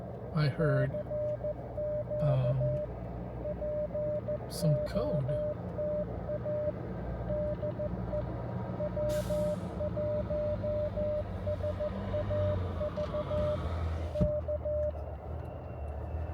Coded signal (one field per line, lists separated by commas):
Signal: Morse code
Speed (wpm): 14 wpm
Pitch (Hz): 600 Hz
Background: speech, radio noise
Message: CQ POTA DE W1SAV K